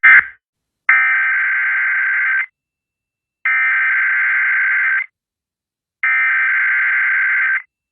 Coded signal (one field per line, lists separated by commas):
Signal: Emergency Alert System (SAME) tones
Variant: header bursts